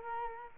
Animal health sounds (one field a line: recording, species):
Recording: mosquito wingbeat signal from an infrared sensor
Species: Culex quinquefasciatus